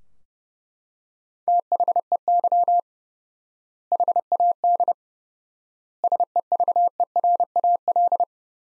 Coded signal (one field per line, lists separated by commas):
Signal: Morse code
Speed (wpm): 32 wpm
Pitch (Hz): 700 Hz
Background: none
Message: THEY HAD SEVERAL